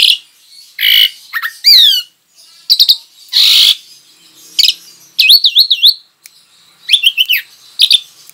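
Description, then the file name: Javan pied starling singing loud harsh rasps mixed with looping whistled notes, phrases broken by short pauses. Lure call (pancingan) of the Javan pied starling, used to attract birds. "suara pancingan jalak suren"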